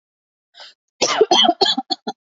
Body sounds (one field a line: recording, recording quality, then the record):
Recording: shallow voluntary cough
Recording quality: excellent, no background noise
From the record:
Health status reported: healthy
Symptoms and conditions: none ticked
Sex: female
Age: 45 years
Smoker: not ticked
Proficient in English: yes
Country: India